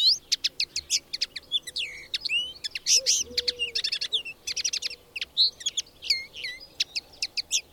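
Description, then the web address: Bird song, busy: rapid high chirps, trills and short whistled phrases following one another almost without pause, with a faint low whistle in the background. "madarak enek"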